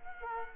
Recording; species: mosquito wingbeat signal from an infrared sensor; Culex quinquefasciatus